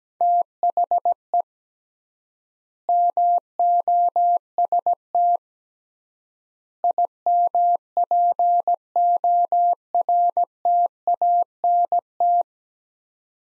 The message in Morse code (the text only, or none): THE MOST IMPORTANT